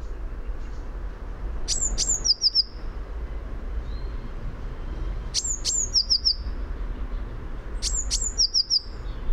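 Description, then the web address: Eurasian blue tit song: three phrases, each two thin high descending notes followed by three quicker, lower ringing notes, over a low rumble. "fugl b-mejse"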